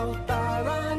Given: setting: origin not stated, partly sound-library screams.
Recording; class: one-second piece from a danger detection set; normal situation